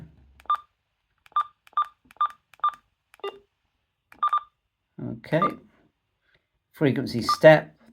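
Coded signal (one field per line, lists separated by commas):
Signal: none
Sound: radio menu button beeps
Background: speech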